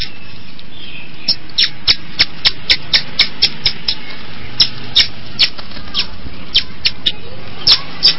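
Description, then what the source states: Long-tailed shrike song: a steady run of sharp, clicking high notes, with a low background rumble throughout. Combination song.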